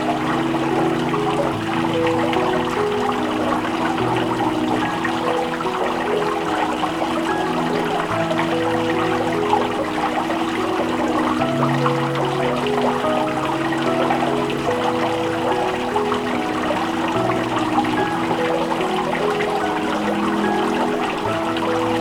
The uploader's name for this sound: Small Fountain in the Clearing